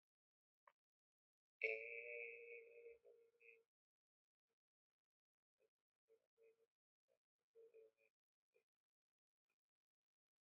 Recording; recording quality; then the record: sustained vowel as in made; excellent, no background noise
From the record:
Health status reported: COVID-19 positive, mild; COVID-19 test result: positive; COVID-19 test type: RT-PCR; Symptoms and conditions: cough, cold, fever, fatigue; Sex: male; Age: 26 years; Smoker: no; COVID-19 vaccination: both doses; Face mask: not worn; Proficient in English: yes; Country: India